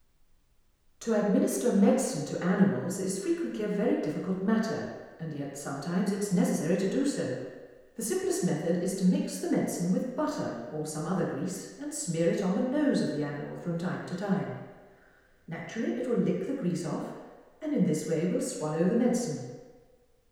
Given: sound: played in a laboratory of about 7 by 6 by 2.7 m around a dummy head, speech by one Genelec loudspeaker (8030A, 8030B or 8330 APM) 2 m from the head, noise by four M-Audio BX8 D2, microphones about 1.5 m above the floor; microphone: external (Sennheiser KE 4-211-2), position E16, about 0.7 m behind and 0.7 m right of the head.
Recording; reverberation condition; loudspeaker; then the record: female speech in English; high; 150 degrees to the left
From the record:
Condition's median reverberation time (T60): about 1300 ms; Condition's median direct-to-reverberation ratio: about -4.0 dB